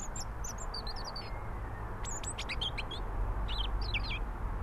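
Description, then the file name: European robin pouring out quick, high twittering phrases in several bursts, with a low steady rumble underneath. "Erithacus rubecula"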